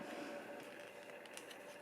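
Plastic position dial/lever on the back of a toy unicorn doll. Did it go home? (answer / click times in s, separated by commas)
no / none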